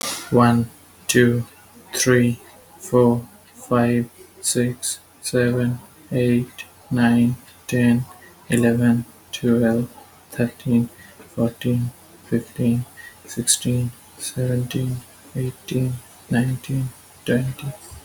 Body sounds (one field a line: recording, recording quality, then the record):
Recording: counting at a normal pace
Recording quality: excellent, no background noise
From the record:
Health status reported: healthy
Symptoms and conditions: none ticked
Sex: male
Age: 27 years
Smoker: not ticked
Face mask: not worn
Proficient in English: yes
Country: India